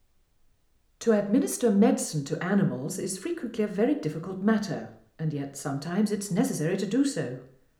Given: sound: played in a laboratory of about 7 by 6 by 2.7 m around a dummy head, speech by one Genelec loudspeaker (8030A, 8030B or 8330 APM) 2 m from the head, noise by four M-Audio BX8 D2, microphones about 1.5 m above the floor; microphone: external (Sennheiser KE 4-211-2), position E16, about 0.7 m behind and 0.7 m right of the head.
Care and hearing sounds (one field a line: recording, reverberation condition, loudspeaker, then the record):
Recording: female speech in English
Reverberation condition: medium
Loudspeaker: 120 degrees to the right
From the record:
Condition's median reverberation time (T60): about 510 ms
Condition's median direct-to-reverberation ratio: about -0.5 dB